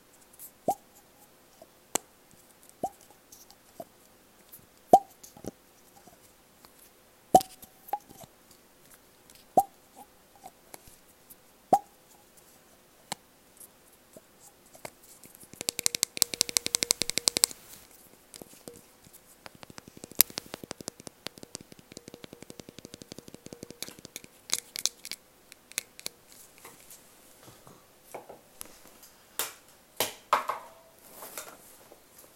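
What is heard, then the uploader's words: Sharp, regular taps give way mid-clip to dense scratching and fluffing bursts, then scattered clicks and rustles. Tapping, Scratching and Fluffing ASMR.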